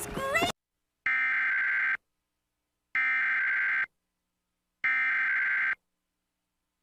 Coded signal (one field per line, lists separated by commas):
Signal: Emergency Alert System (SAME) tones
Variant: header bursts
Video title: emergency alert system